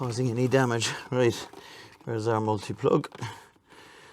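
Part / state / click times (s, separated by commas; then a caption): seat wiring multi plug into connector at base of car seat / not seated / none. Someone talks while handling the seat wiring multi plug beneath a car seat of an E46 M3 in Phoenix Yellow, about to push it into its connector at the base of the seat. Only speech and faint handling sounds are heard, with no sharp transients. Nothing has seated or clicked yet.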